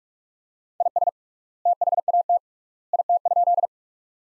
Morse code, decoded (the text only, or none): IS THAT IT?